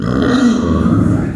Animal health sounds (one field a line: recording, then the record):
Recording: squeal of a Yucatan mini pig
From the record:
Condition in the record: after surgery on the right vocal fold (resection and tissue-engineered implant)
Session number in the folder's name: 6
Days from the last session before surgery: 40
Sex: female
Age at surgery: 19 weeks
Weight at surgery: 25 kg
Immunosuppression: prednisolone